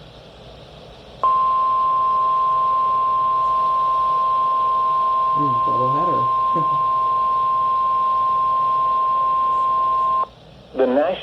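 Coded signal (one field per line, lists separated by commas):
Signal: Emergency Alert System (SAME) tones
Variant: 1050 Hz attention tone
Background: speech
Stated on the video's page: Severe weather and flood alerts received on NOAA Weather Radio station WXM56.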